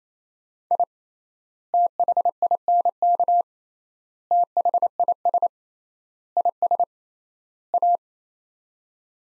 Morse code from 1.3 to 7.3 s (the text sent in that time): THINK THIS IS